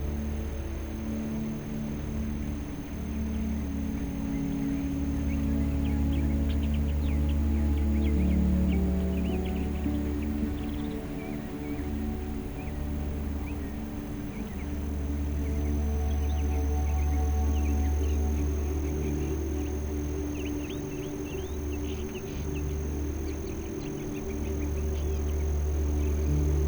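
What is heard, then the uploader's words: Soft, sustained low piano chords hold steady and shift every several seconds beneath a constant airy hiss of white noise. Thin bird chirps flicker through intermittently, faint and scattered across the whole stretch, with the overall level staying even throughout. Birds singing along with white noise and a peaceful soft piano. Nightingale. Sound: white noise, bird songs, nature, forest. Music: piano, ambient music, sleep music.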